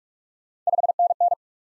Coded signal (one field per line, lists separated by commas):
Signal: Morse code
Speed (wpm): 55 wpm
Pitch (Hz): 700 Hz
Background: none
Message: 5NN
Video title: Top 20 QSO Elements - Speed-Racing - 45wpm